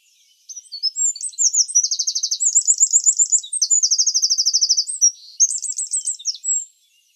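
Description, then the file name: Eurasian wren, a strident high song of quick notes and several fast, machine-gun-like trills strung together for about six seconds in an otherwise quiet setting. "Troglodytes troglodytes"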